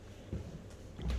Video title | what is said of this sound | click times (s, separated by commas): Eleglide M1 Plus Electric Bike Assembly For Beginners | the four contacts will go in place you hear click click | 1.0 s, 1.1 s